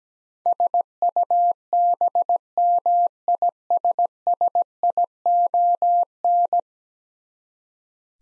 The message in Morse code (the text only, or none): SUBMISSION